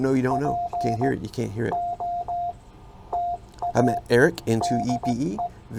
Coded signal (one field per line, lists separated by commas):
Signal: Morse code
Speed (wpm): 16 wpm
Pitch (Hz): 700 Hz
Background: speech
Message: POTA DE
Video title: POTA Redemption. CW Copy Practice with Subtitles with Ed